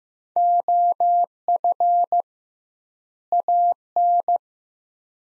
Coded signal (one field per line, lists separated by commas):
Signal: Morse code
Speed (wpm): 15 wpm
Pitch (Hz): 700 Hz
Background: none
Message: OF AN